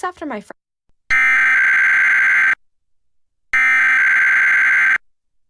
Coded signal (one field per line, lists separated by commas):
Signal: Emergency Alert System (SAME) tones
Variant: header bursts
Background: speech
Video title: EAS #490: EAS Required Weekly Test- Mar. 30, 2021- 11:29AM PDT